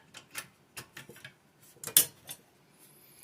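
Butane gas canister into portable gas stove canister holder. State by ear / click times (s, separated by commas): seated / 2.0 s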